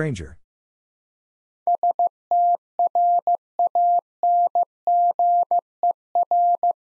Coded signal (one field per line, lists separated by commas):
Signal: Morse code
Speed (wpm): 15 wpm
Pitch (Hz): 700 Hz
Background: none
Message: STRANGER